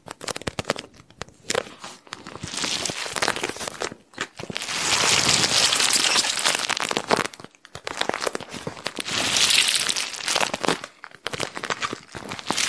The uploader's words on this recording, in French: Je te relaxe avec une poche thermique remplie de billes bleues ! Sons d'une poche thermique remplie de billes bleues.